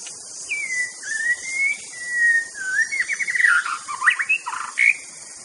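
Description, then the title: White-rumped shama song: long clear whistles sliding between notes, then a fast run of varied rich phrases and rising flourishes, over a steady high hiss. Wild bird in forest; natural, unaltered song. "Kicau Asli Murai Batu Hutan"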